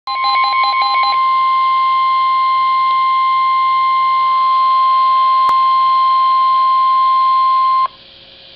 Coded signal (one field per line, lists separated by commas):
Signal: Emergency Alert System (SAME) tones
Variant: 1050 Hz attention tone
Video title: Severe Thunderstorm Warning [EAS 28] | NOAA Weather Radio (7/3/2011)